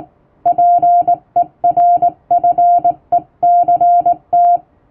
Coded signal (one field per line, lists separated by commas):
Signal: Morse code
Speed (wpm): 20 wpm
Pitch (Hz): 700 Hz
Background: music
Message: PERFECT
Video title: 毎日聴いてモールスラーニング！アマチュア無線ハムの受信練習用に綺麗な手打ちで平文の欧文モールス信号を叩いてみました。YouTubeの再生速度を調整して聴こう(morse code learning)